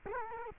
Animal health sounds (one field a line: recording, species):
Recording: mosquito wingbeat signal from an infrared sensor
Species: Culex quinquefasciatus